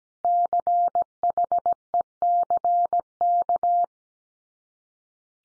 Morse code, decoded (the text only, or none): CHECK